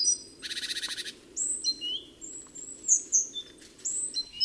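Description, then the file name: Great tit calls: a rapid harsh churring rattle about half a second long, followed by scattered high thin whistled notes and chips. "Parus major"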